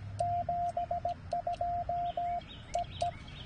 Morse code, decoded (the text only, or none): 72EE